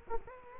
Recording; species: mosquito wingbeat signal from an infrared sensor; Culex quinquefasciatus